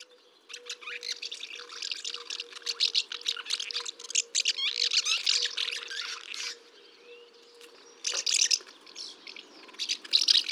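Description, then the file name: Common house martin twitter, long runs of fast high chirps, a quiet gap, then further bursts, over a faint steady low hum. "Hirondelle de fenetre"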